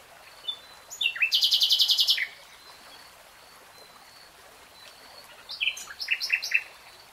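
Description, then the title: Nightingale song: a brief chirp, then a loud rapid burst of repeated hard notes; after a pause, another phrase of falling whistles and quick chips. Singing; three-hour real-time recording. "[Tiếng chim hót] 3 Hours REALTIME Nightingale Singing"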